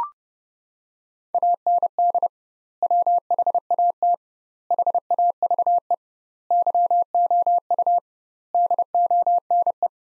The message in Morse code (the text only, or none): AND WHAT HAVE YOU DONE